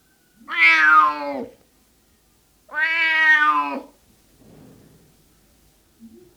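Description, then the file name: Cat: two long, even meows from a cat about two seconds apart, followed by a soft rustle and a brief faint squeak. Male cat (tomcat) meowing. "Miauwen van een kater - Sound Cloud - Beeld en Geluid"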